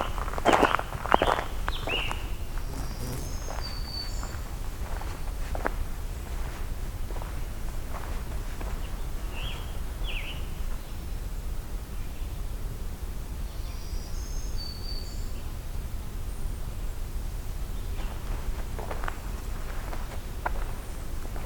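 Outdoors along a forestry road, a steady low rumble runs underneath scattered footstep-like thuds early on, with occasional high bird chirps.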